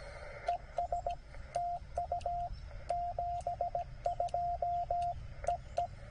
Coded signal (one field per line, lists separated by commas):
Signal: Morse code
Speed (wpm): 18 wpm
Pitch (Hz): 700 Hz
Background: radio noise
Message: ES TU 72 EE